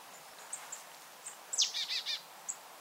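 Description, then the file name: Marsh tit call: a few thin, high chips, then a sharp downslurred note and a run of three buzzy, nasal notes in quick succession. "Poecile palustris"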